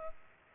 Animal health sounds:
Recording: mosquito wingbeat signal from an infrared sensor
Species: Culex pipiens

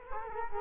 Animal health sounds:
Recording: mosquito wingbeat signal from an infrared sensor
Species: Culex quinquefasciatus

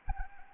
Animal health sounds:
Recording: mosquito wingbeat signal from an infrared sensor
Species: Anopheles arabiensis

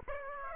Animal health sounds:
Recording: mosquito wingbeat signal from an infrared sensor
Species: Aedes aegypti

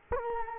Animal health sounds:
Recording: mosquito wingbeat signal from an infrared sensor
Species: Culex quinquefasciatus

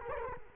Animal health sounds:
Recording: mosquito wingbeat signal from an infrared sensor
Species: Culex quinquefasciatus

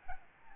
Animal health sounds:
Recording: mosquito wingbeat signal from an infrared sensor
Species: Aedes albopictus

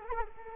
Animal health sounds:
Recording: mosquito wingbeat signal from an infrared sensor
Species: Culex quinquefasciatus

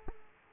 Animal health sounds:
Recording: mosquito wingbeat signal from an infrared sensor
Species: Aedes aegypti

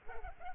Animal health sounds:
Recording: mosquito wingbeat signal from an infrared sensor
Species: Culex pipiens

